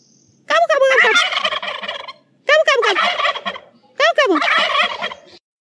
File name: turkey